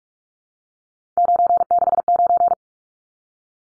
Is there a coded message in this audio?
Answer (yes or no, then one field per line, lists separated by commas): yes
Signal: Morse code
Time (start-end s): 1.2-2.5 s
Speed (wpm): 44 wpm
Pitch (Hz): 700 Hz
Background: none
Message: 969